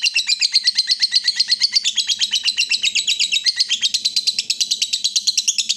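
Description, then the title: Yellow-vented bulbul giving a fast, unbroken chatter of high, bright chirps, with a faint low hum beneath. Used as a bird lure (pikat). "PIKAT TRUCUKAN"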